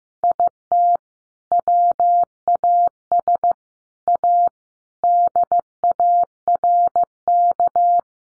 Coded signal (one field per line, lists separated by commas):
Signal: Morse code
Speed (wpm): 15 wpm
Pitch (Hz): 700 Hz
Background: none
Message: IT WAS A DARK